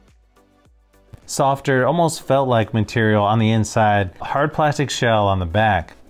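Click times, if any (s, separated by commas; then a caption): none. A Lenovo Tab M10 Plus Gen 3 tablet is handled against the hard plastic back shell of a gray folio case, with faint taps and handling noises before someone talks over soft music. Nothing has seated or clicked into the case yet.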